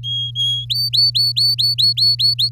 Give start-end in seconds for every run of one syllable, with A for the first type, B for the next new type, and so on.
0.03-0.66 A, 0.70-2.49 B